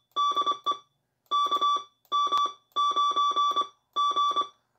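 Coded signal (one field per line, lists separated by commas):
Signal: Morse code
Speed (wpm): 23 wpm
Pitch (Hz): 1160 Hz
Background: none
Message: DE KM9G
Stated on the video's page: Morse from a vintage 1980s Autek Research MK-1 CMOS memory keyer.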